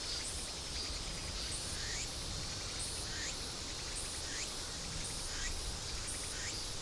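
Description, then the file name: Insects calling in a steady high-pitched buzzing chorus with faint scattered chirps over a continuous background hiss. "mainly insect cluster"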